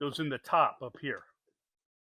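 A plastic LED driver's side dash light housing for a 2025 4Runner, with its one wider tab oriented to the top, is handled at the vehicle dashboard opening while someone talks. Nothing has seated or clicked yet; the housing has not snapped into the opening.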